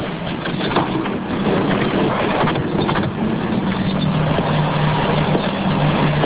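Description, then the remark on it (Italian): A blue Alfetta car's engine runs steadily at a low idle as it is parked in front of a house, its droning hum sitting under a constant wash of broad, hissy noise, with no voices and no sharp knocks or slams. “Sulla vettura dell'avvocato salgono gli altri tre, li accompagna a casa, poi torna indietro, parcheggia la sua Alfetta blu davanti a casa e scende dalla macchina.”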